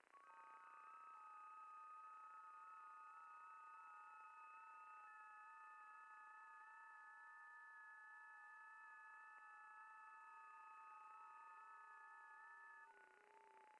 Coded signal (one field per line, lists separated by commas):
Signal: FT8